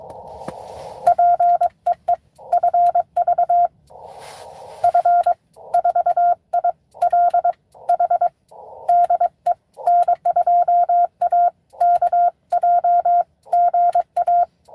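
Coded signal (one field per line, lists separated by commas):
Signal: Morse code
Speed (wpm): 22 wpm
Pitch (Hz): 700 Hz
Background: radio noise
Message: PEE FV F4ILH DE N2AKJ GA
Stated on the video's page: Live CW parks-on-the-air activation.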